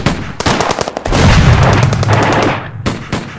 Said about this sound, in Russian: Грохот выстрелов заметался над развалинами. Часто замигали вспышки. У многих были обрезы. Порох не успевал выгореть в коротких ствольных каналах.